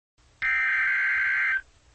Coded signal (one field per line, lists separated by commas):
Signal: Emergency Alert System (SAME) tones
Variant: header bursts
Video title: EAS#995-1004 1000th alert EAS Alerts from April 9th, 16th & 17th of 2024.